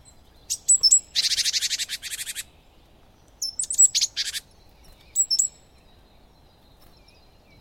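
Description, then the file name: Great tit: a fast rattling series of about a dozen harsh buzzy notes, a second shorter buzzy burst, and thin high tinkling notes between, over quiet background. "Parus major"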